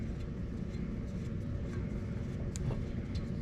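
A small screw held with thread locker is turned out of the power antenna housing of a C3 Corvette Indianapolis Pace Car on the bench, over a steady low rumbling background. At 2.6 s the thread gives way with a short, sharp snap, and the screw strips out while being loosened.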